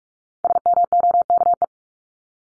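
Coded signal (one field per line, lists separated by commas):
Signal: Morse code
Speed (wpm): 44 wpm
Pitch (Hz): 700 Hz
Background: none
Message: SMOKE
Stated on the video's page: Morse practice of common words at 45 wpm for head-copy, each word sent twice with spoken word between.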